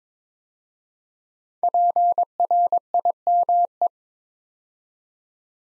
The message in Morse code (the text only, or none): PRIME